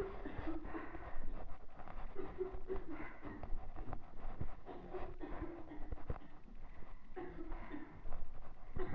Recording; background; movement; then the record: deep breathing; a bystander coughing; walking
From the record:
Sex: female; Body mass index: 22.6 kg/m2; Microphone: on the chest, facing the body